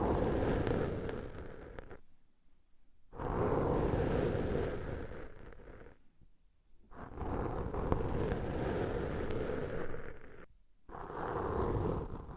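Ear cleaning sounds come as thick, rumbling, scratchy rubbing, heaviest in the low end with a crackly texture on top. The rubbing runs in long stretches that fade out, stop for about a second near 2, 6 and 10.5 seconds, then start again.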